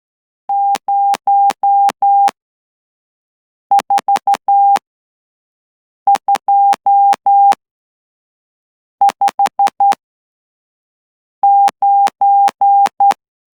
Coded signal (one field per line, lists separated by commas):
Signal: Morse code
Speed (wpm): 12 wpm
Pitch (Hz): 800 Hz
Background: none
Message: 04259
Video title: Latihan Mengekod CW pada 12WPM | Persediaan Tx OCW SKMM | Encoding Morse Code at 12WPM